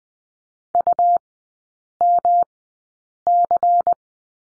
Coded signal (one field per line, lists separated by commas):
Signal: Morse code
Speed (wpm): 20 wpm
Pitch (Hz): 700 Hz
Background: none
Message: UMC